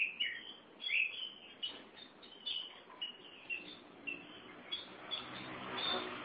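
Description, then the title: Oriental magpie-robin song, a run of varied whistled and chirping phrases delivered steadily with short pauses. Chirping song (kicauan) of the bird. "Suara Kicauan Burung Kacer Durasi Panjang"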